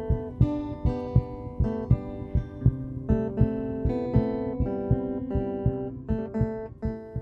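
Steady heartbeat thumps of a 17-year-old boy, about 80 a minute, heard through a stethoscope and used as the rhythm section under a sung melody, part of music therapy at the Helen DeVos Children's Hospital in Grand Rapids.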